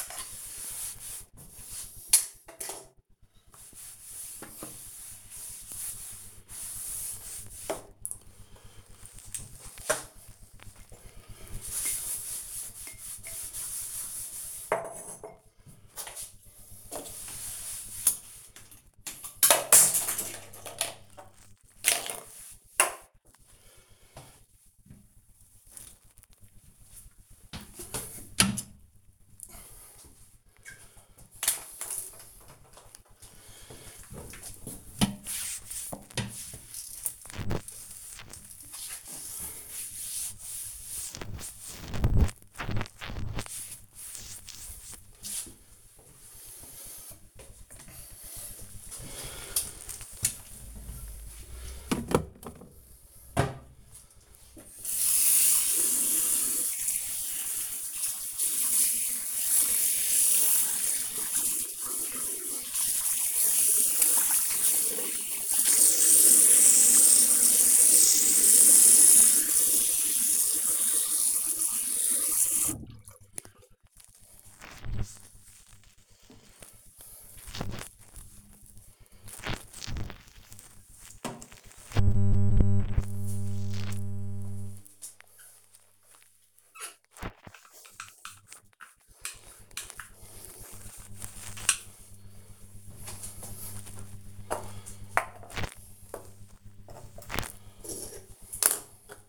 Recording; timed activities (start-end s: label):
household activities, microphone on the right wrist
0.00-66.57 s: cleaning bathroom
84.63-99.29 s: cleaning bathroom